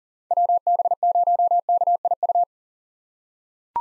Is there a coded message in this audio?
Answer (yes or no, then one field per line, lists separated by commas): yes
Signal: Morse code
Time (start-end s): 0.3-2.4 s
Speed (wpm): 39 wpm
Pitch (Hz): 700 Hz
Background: none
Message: WB0KIU